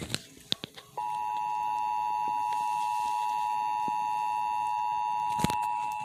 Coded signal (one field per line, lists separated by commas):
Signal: Emergency Alert System (SAME) tones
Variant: 853 and 960 Hz attention tone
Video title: (EAS #88 - #89) DON'T INTERRUPT MY CLASS EAS!!!!! - EAS Tests from 9/15/20 (Lincoln, NE)